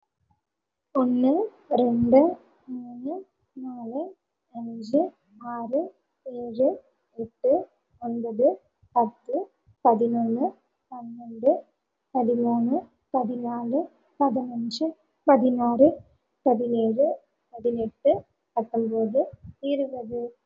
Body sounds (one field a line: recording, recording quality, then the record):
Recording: counting at a normal pace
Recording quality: excellent, no background noise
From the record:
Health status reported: COVID-19 positive, moderate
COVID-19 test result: positive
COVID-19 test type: RT-PCR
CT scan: taken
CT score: 1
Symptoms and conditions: fever, fatigue, loss of smell and taste, another condition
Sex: female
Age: 30 years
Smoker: no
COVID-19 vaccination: both doses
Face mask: worn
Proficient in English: yes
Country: India